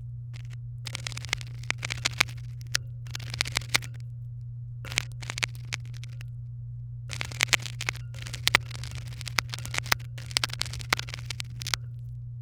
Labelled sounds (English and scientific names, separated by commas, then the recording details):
Domestic Canary (Serinus canaria) song
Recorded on 23 April 2018 at 17:56
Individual llb3